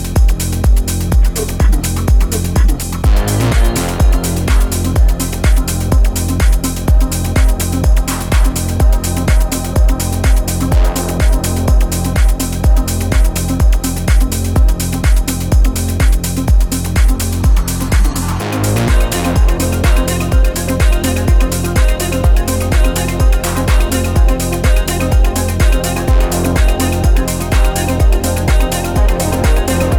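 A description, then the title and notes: A drive back from the Gerlach hot springs to Reno, heard as a dense, steady engine and road rumble weighted low. A rapid regular pulsing runs throughout, with a brief dip near eighteen seconds before the drone resumes unchanged. Drving back from the Gerlach Hot Springs to Reno. The Rhino's recording was performed while Sir Damo was traveling south bound on State Route 447.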